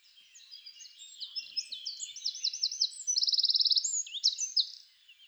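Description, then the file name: Eurasian wren delivering an energetic high song that builds from quiet notes into quick chirps, a sustained rapid trill, and a final burst of sharp notes. "Troglodytes troglodytes"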